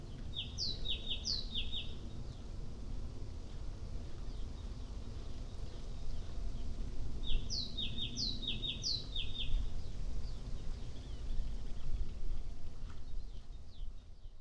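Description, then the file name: Great tit giving two brief series of thin two-note phrases, high then lower, partly masked by strong low-pitched background noise. "Great Tit Parus major"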